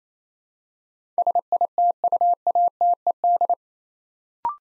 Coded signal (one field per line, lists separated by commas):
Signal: Morse code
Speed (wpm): 27 wpm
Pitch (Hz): 700 Hz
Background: none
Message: SITUATED